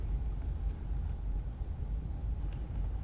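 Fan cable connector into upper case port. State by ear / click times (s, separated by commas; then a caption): not seated / none. A small fan cable connector is turned to check its orientation and lined up at the upper case port before being pushed in. Only a steady low rumble is heard, with no distinct sharp sounds across the 3.1 seconds. Nothing has seated or clicked yet.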